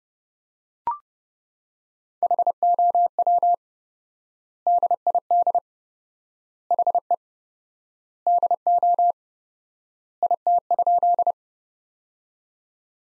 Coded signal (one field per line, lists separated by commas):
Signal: Morse code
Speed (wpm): 32 wpm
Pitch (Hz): 700 Hz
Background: none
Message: HOW DID HE DO IT?